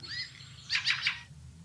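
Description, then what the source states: Fieldfare flight call, three quick harsh chattering notes in a tight burst. Call given when flying over houses.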